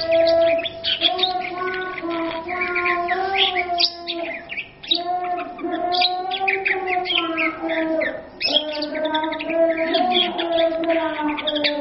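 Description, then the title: Oriental magpie-robin singing a continuous medley of sustained whistles and quick, scratchy chirps, phrases running together with a short break near the middle. Champion bird singing vigorously; used as a tutor (masteran) song. "Kacer Juara Gacor"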